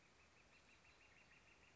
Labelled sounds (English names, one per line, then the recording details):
Northern Flicker
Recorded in Sonoma County, California